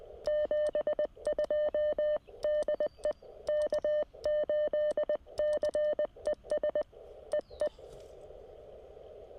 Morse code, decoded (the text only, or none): 72 DE K8CES EE